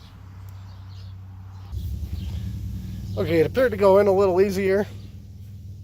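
The radiator cooling fan and shroud assembly of a 2011 Dodge Grand Caravan is slid down into position in the engine bay, toward the radiator mounting tabs, with handling noise over a low steady hum and someone talking partway through. Nothing has seated or clicked yet; the assembly is only being handled and slid into place.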